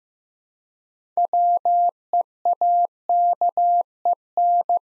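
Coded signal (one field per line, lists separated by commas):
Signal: Morse code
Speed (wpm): 15 wpm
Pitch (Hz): 700 Hz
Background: none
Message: WEAKEN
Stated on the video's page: Morse practice set at 15 wpm: 6-letter words sent three letters at a time for building instant character recognition.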